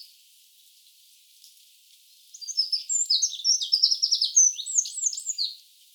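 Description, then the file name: Eurasian wren song, a fast, loud cascade of high trills and sharp rattling notes, starting after a quiet opening and running about three seconds. "Troglodytes troglodytes"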